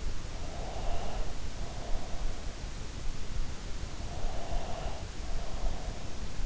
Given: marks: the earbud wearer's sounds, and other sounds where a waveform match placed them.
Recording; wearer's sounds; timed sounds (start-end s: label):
sounds in sleep by an in-ear microphone; breath
0.52-2.41 s: breath
4.18-6.46 s: breath